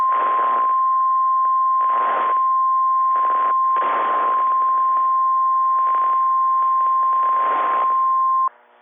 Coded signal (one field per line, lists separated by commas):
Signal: Emergency Alert System (SAME) tones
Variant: 1050 Hz attention tone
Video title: Early March Captures - EAS Alerts from Early March 2026 (EAS #689 - #700)